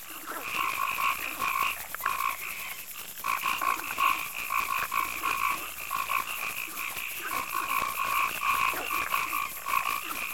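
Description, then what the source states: Chorus of croaking frogs in overlapping pulsed bursts with brief pauses, steady insect trilling behind. Night marsh and swamp ambience with crickets and frogs.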